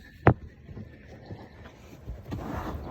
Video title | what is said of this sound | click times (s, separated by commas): Suburban rear seat stuck - FIXED! | it snaps loose | 0.3 s